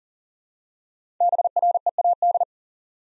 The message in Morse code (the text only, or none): BREAD